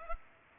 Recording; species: mosquito wingbeat signal from an infrared sensor; Culex pipiens